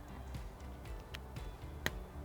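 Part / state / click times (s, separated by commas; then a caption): retainer lock into power connector housing / seated / 1.9 s. A plastic retainer lock is pushed into the power-side Deutsch connector housing over a low, steady background hum, with a faint tap near 1.4 s. A sharp, very brief click at 1.9 s shows the lock has snapped in and seated.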